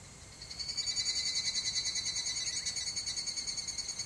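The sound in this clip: Higurashi cicada song begins after a brief quiet moment, a shrill rapid pulsed trill at a steady rhythm that slowly weakens.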